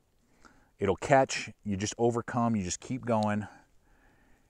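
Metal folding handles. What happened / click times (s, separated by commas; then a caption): Handled, not yet home: folding metal handles are being swung toward their lock / none. Someone talks while squeezing the release levers on a Gerber DoubleDown butterfly folding machete and swinging its metal handles past a catch toward their locked-open position on the blade. Only faint, brief ticks sound near 0.5 s and 4.5 s. The handles have not locked yet and nothing has clicked into place.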